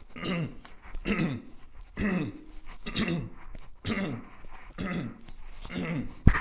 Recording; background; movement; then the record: throat clearing; quiet; walking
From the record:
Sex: male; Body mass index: 22.0 kg/m2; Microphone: on the chest, facing the body